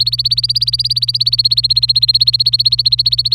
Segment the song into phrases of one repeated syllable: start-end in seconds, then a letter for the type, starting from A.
0.00-3.35 A